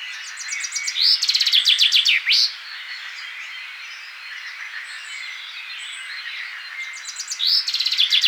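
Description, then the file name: Common chaffinch, a full rattling song phrase with a downward flourish, then a pause with bird calls, and the start of another phrase at the end. "Fringilla coelebs"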